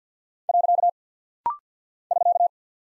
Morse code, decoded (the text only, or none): . <SK>